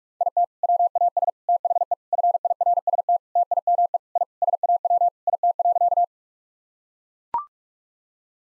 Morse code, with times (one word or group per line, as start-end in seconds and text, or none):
0.2-0.4 IT
0.6-1.3 WAS
1.5-1.9 THE
2.1-3.2 FIRST
3.4-4.0 TIME
4.2-4.2 I
4.4-5.1 SAW
5.3-6.0 IT.